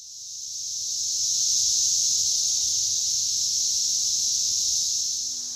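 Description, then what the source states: Periodical cicada chorus: a steady, high, hissing buzz held without a break, swelling in the first second and then staying level. Seventeen-year periodical cicadas.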